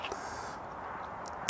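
A wiring harness connector is plugged into the removed headlamp unit of a Volvo V70 (P3) during a headlamp bulb replacement. A steady low hiss runs throughout, broken by a sharp, brief click at 1.5 s as the connector seats into the headlamp.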